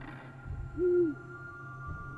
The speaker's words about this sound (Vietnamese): Tiếng con chim cú lợn từ trên những tán cây cổ thụ, khi nghe có động, nó giật mình vỗ cánh, rúc lên từng hồi đến rợn cả người.